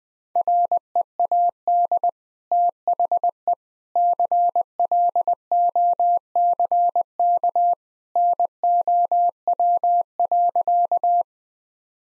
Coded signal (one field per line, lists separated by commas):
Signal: Morse code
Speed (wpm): 20 wpm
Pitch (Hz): 700 Hz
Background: none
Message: READ THE CLOCK NOW.